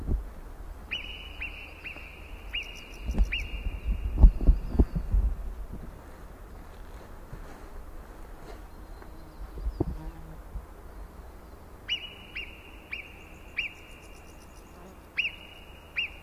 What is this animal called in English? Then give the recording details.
Alpine Marmot. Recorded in the wild. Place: Brand, Alpen, Vorarlberg, AT. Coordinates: 47.0958, 9.71139. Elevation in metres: 1420. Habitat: alp. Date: 2010-07-20. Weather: fair, 20°C, weak winds. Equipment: Sound Devices 702, Sennheiser MKH 70, Rycote Windschutz. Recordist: Frommolt, Karl-Heinz